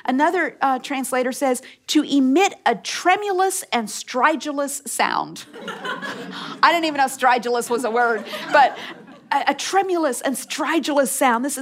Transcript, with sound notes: Another translator says, “to emit a tremulous and stridulous sound.” (laughter) I didn’t even know stridulous was a word! A tremulous and stridulous sound.